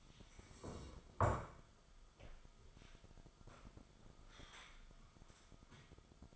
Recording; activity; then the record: daily activity, microphone in the room; sit down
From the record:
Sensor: 5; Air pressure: 1005.1 hPa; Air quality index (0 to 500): 106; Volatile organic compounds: 2 ppm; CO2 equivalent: 1298 ppm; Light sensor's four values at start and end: 34/80/32/30 and 34/80/32/30